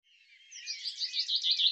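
Bird twittering in a fast, high warbling run of chirps that grows louder toward the end, with no other sounds.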